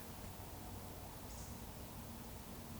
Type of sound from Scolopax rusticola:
whistle